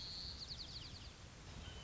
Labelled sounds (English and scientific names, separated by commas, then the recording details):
White-crowned Sparrow (Zonotrichia leucophrys)
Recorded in Sonoma County, California